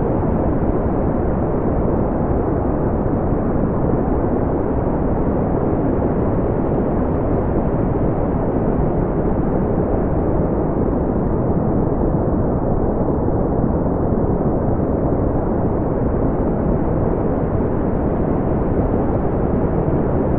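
A fan blows with a steady, dense rush of mid-range noise that stays constant in loudness for the whole stretch. The sound is full in the lows and mids and cut off above the upper midrange, with a slight slow swell as the fan turns.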